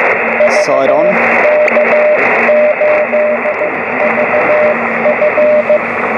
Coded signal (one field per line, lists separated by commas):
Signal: Morse code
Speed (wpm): 15 wpm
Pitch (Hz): 600 Hz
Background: speech, radio noise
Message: VK8VF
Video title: 28 MHz Wadetenna beam on the beach